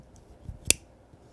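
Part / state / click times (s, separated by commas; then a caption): scissors liner lock in a multitool handle / seated / 0.7 s. The scissors on a locking multitool are swung out until their liner lock engages with one sharp, loud click at 0.7 s. When it clicks, the spring-loaded handle pops out because the spring is pressurized, and the lock is seated. A softer low thump comes just before it, and a faint tick comes near the start.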